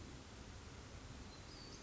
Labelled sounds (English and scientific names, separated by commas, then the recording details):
Western Flycatcher (Empidonax difficilis)
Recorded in Sonoma County, California